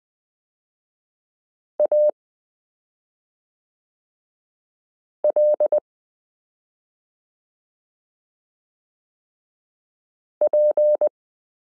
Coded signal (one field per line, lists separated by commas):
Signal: Morse code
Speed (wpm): 20 wpm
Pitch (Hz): 600 Hz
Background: none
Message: AL P